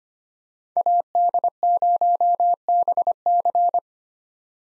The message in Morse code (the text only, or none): AD0BC